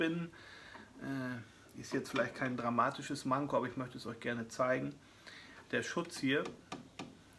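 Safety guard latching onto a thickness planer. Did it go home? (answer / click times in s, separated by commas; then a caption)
yes / 7.0 s. Someone talks while showing the safety guard on a HOB 305 pro thickness planer. The guard snaps into its latch with a short tick at 7.0 s, followed by a fainter tick at 7.3 s. It is latched in and cannot flip up on its own.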